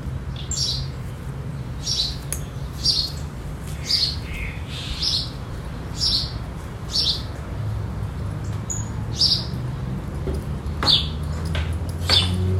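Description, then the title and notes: Birds calling with short, bright chirps repeated again and again, a few clicks between them, and a low droning hum throughout. Birds in a field among araucaria trees, the region's typical vegetation, in an area away from the city, R. Antonio José Pilatti, Bairro Vederti, Chapecó, Santa Catarina, Brazil. "R. Antonio José Pilatti, 53-Bairro Vederti, Chapecó - SC, 89808-758, Brasil - Pássaros no campo. pássaros em uma área afastada da cidade entre araucárias, que representam a vegetação da região"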